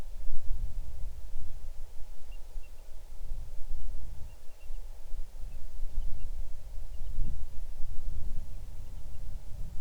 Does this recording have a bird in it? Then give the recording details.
yes. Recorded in the Arctic National Wildlife Refuge, Alaska, on 6 July 2019 at 00:31. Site 39